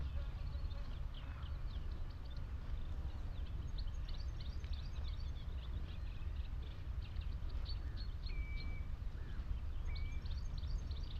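Lapwings, redshank and Cetti's warblers call among geese and ducks, a dense, overlapping chatter of bright chirps running the whole time. Two clear, level whistles stand out near the end, and a steady low rumble sits underneath throughout.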